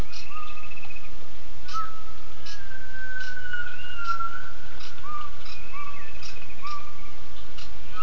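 Gibbon giving clear whistled notes, some held level and some gliding up or down, over steady background noise.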